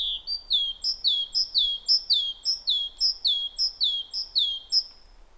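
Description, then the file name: Great tit song, a long steady series of ringing two-note phrases, each high note sliding down to a lower one, repeated about twice a second. "Parus major"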